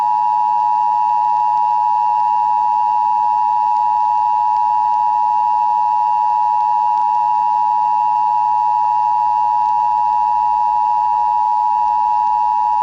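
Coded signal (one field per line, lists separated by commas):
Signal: Emergency Alert System (SAME) tones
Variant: 853 and 960 Hz attention tone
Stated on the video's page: Classic Emergency Broadcast System test aired on CBS daytime television, spring 1980.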